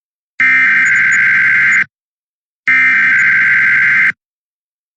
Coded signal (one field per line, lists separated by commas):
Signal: Emergency Alert System (SAME) tones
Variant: header bursts